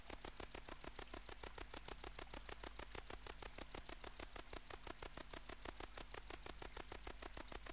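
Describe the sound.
Tettigonia hispanica bush-cricket stridulating in a fast, regular chain of bright, high-pitched clicks, continuous and consistent in volume across the whole stretch.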